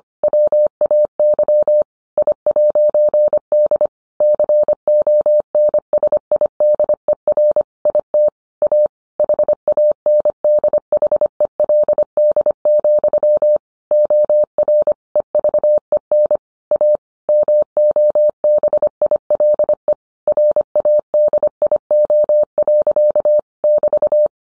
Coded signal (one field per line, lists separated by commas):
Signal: Morse code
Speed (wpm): 25 wpm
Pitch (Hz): 600 Hz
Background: none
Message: WAY I'D CONSIDER IT A HANDHELD, OR EVEN A MOBILE RADIO. <BT>